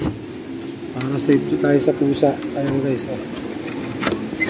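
A secondary lock on a pet enclosure, meant to keep it safe from the cat, is being handled while someone talks throughout. The lock has not clicked closed or seated yet by the end of the clip.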